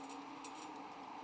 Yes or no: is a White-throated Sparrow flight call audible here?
no